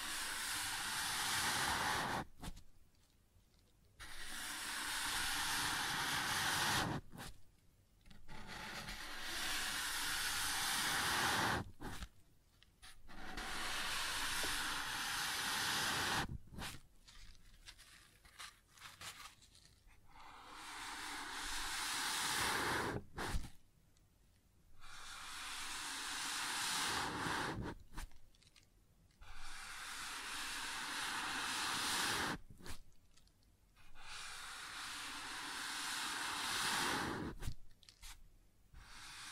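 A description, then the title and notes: Sounds on a wooden surface: long, bright, hissing scrapes repeat every few seconds, separated by brief pauses and sharp taps. ASMR Sounds on Wooden Surface (No Talking).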